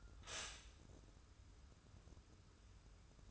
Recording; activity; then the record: daily activity, microphone in the room; stop toaster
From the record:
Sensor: 2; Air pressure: 994.3 hPa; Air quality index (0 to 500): 204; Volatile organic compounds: 1000 ppm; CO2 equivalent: 6728 ppm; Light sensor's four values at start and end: 88/205/85/84 and 124/297/125/129